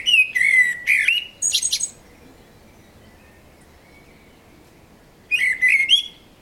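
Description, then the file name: Common blackbird phrase of warbled fluty notes ending in thin high squeaks, then a pause and another rich whistled phrase starting. "Turdus merula"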